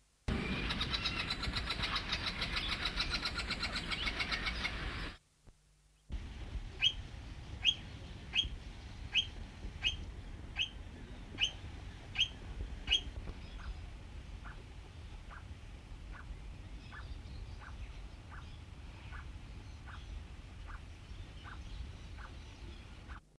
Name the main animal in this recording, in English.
Red-winged Parrot